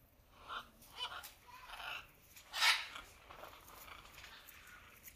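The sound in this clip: Macaw calls, a series of short rasping squawks, one louder harsh screech in the middle, over faint background noise.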